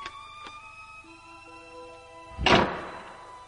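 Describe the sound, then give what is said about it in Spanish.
A steady, whining drone with a few faint clicks runs for a couple of seconds, then a door slams shut in one loud, heavy bang that rumbles and quickly fades. No one speaks. “Y esa puerta nos indica que vamos a entrar en zona de misterio.”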